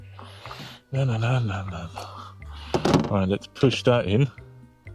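A replacement high-level stop lamp housing for a CR-V Mk4 is being handled and pushed toward its mounting in the car body while someone talks, with a few light handling knocks over a steady low hum. Nothing has seated or clicked yet.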